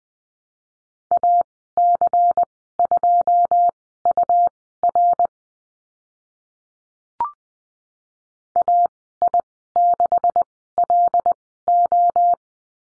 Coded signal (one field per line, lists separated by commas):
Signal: Morse code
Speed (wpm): 20 wpm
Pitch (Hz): 700 Hz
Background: none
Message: AC2UR AI6LO